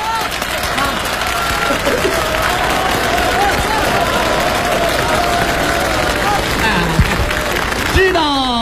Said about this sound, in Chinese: 大家为什么鼓掌吗？ 为什么？